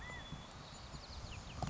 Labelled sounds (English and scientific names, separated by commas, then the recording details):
California Quail (Callipepla californica)
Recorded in Sonoma County, California